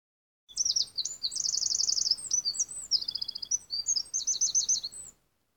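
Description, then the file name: Eurasian wren song, a rapid, high outburst of sharp notes and fast metallic trills, several trill bursts in about four and a half seconds, steady and loud throughout. "Troglodytes troglodytes"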